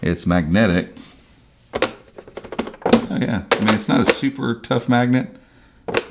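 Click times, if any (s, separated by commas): 6.0 s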